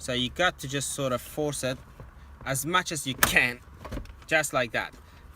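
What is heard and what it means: Someone talks while forcing a large multi-pin vehicle wiring harness plug into its stereo/cluster interface socket behind the new Android ICC stereo fascia of a Ford FG (MK1 or MK2), pushing against a metal beam. Faint handling noises accompany the push, and nothing has seated or clicked yet.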